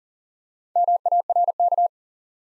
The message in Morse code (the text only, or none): MARK